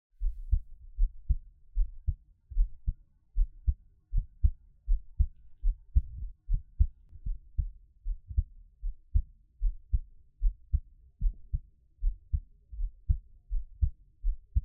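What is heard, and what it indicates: Soft, low, paired thumps repeat steadily at about 78 per minute, with no talking or other sounds. This is a regular, normal adult heartbeat heard close up.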